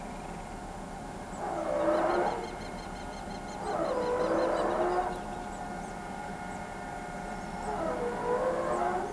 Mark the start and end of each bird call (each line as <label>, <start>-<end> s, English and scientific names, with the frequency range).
Southern Lapwing (Vanellus chilensis) (1.3-7.5 kHz), 1.93-4.97 s